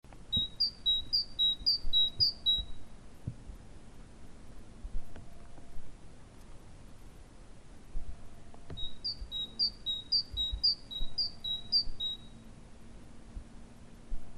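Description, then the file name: Great tit song in two bouts of rapid two-note phrases, each bout about four to six repetitions, separated by a pause with low background hum. "Parus major"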